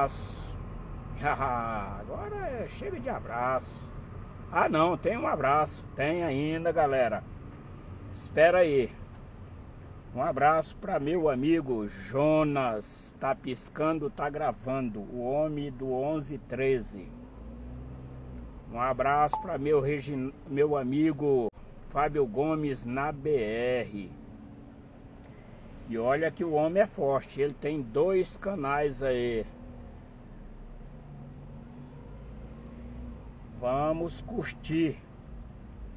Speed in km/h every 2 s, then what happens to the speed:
22, 20, 17, 14, 10, 4, 0, 0, 5, 5, 5, 6, 3, 0, 2, 5, 9, 6.
0-11 slows to 0. 11-15 standing. 15-21 steady at about 5. 25-28 standing. 28-31 pulls away to 9.